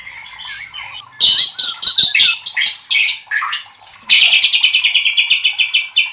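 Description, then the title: White-rumped shama song: soft twittering gives way to loud rapid harsh phrases, then a long fast rattling series of repeated buzzy notes. Training (masteran) recording for cage birds; murai batu labaik. "MASTERAN MURAI BATU LABAIK"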